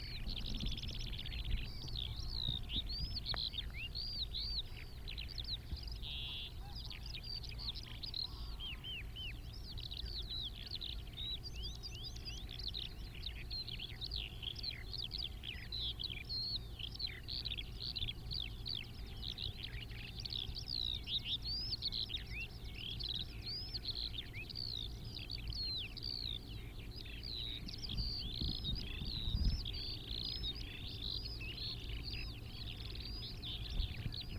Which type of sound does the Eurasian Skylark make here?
song